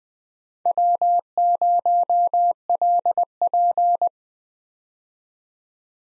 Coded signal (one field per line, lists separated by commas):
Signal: Morse code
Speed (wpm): 21 wpm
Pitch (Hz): 700 Hz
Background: none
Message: W0LP